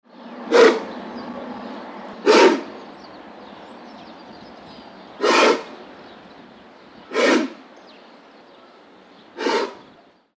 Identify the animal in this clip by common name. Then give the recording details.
American Bison. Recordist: Tembrock, Günter. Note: Husten